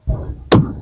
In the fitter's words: right there you hear the snap that's what you want to hear